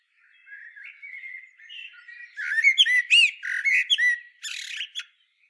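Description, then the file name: Common blackbird song: soft, low warbled notes for two seconds, then a loud burst of squeaky, high twittering phrases that stops abruptly near the end. "Turdus merula"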